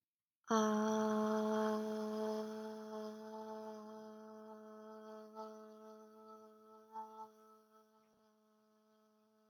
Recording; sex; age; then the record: vowel held as long as possible; female; 20 to 29 years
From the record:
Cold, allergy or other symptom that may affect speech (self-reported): no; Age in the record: 21 years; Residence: New York, United States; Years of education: 12